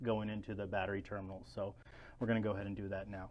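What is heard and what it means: A man talks while a CAT5 cable supplied with a Neovolta NV24 expansion kit is readied to be pushed into the communication port on an NV14 home battery module. Only speech is heard, with no distinct impact sounds. The plug has not seated or clicked yet.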